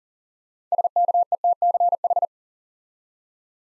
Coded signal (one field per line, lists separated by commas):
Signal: Morse code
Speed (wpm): 41 wpm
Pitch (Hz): 700 Hz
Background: none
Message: SKETCH